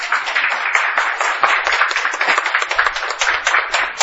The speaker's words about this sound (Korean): 좌측 코러스 등장. 박수 쳐줘야지.